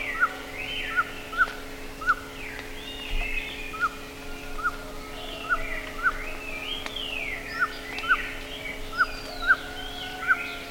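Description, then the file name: Bird calls: short sharp chirps repeated roughly every half second to second, over a busy chorus of other birds with slurred whistles and steady background hum. "SABIOD 50 bird 2015"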